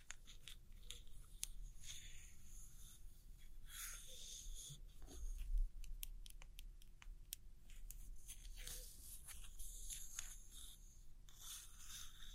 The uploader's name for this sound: Tracing And Gentle Scratchy Tapping On Old Postcards